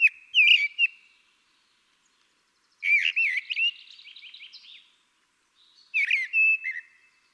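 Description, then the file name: Common blackbird song: three warbled phrases a few seconds apart, mellow low whistles followed by high scratchy twitters and a brief run of quick chips. "Turdus merula"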